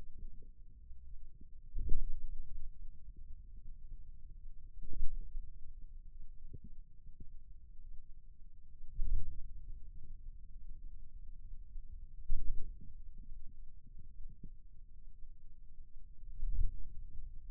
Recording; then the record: forearm muscle sounds (acoustic myography)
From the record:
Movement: ulnar deviation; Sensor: system 2, bracelet of six BSWA MPA416 microphones around the upper forearm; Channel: 1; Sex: male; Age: 22 years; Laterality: right